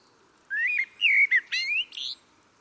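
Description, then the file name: Common blackbird singing one brief phrase of smooth, low fluted whistles that slides into a high, thin squeaky ending. "Turdus merula"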